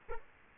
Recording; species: mosquito wingbeat signal from an infrared sensor; Culex quinquefasciatus